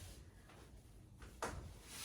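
The diaper organizer's two small metal snap buttons are pushed onto the side rail of the fabric-covered playpen of a Baby Trend Lil Snooze Deluxe 2 Nursery Center. A faint rustle at about 1.2 s leads into a sharp snap at 1.4 s over a low steady background. The organizer snaps into place and is seated.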